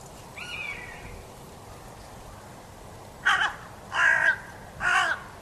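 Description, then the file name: Carrion crow calling three loud, rasping caws in quick succession near the end, after a softer sound and a quiet stretch. "Corvus corone"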